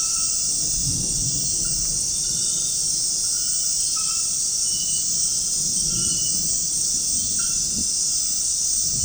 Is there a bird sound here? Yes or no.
no